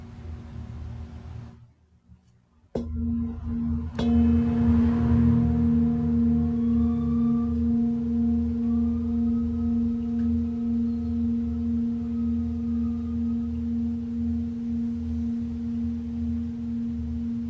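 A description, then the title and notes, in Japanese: A Tibetan singing bowl is struck after a brief quiet gap near two seconds, with a second sharp strike around four seconds. Its low, steady hum and a clear higher ring sustain for the rest of the clip, fading only slightly with a gentle wavering pulse. 深夜のシンギングボウルのサウンドヒーリング。チベタンシンギングボウル。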